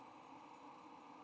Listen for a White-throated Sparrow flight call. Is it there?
no